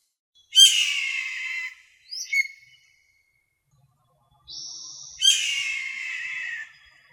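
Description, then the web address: Steller's jay giving two loud, harsh, grating calls about four and a half seconds apart, each lasting a second or more, with a brief squeaky note and a thin whistled tone between them. North America. "Songs of Birds of North America. Stellers Jay"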